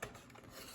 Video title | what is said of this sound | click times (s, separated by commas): A review of Jazwares’ Star Wars: Micro Galaxy Squadron: Ghost: Assault Class Vehicle. | it snaps right into place it doesn't it's it's not loose which is good | 0.0 s